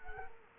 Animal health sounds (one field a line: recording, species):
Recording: mosquito wingbeat signal from an infrared sensor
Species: Culex quinquefasciatus